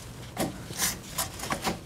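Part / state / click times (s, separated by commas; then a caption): DDR4 memory module into a server motherboard DIMM slot / seated / 1.2 s, 1.5 s. A DDR4 server memory module resting loosely in a DIMM slot on the motherboard of a Dell PowerEdge T430 tower is pressed down, with soft handling rustles, until both retention tabs snap shut with two sharp clicks at about 1.2 s and 1.5 s. The two clicks confirm the module is fully inserted and seated.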